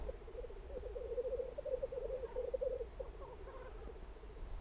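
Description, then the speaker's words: Black grouse song: a soft, continuous low bubbling, cooing warble that breaks into looser notes near the end, over faint background hiss. Song heard in the field; likened to a helicopter flying in the distance and described as dreamy. "Hoor je dat? Dat is de korhoen."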